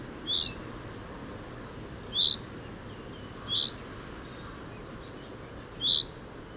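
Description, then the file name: Common chaffinch giving sharp high 'pink' calls, single notes repeated every couple of seconds, four in all, over soft background hiss. "Fringilla coelebs"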